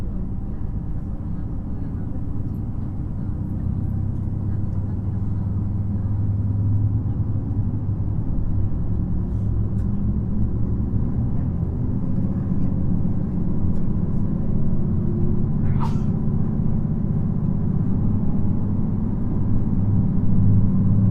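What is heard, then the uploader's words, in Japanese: A ride on the stretch between Kotohira and Okayama: a heavy, steady low rumble fills the whole recording, slowly growing a little louder. Around sixteen seconds a short sharp squeal cuts through, and faint murmuring sits under the drone. JR四国 2700系気動車 南風20号 琴平から岡山まで。四国旅客鉄道2700系気動車の走行音です。今回は１回目で、琴平発車後から宇多津発車直後までです。琴平から岡山までの区間で録音しました。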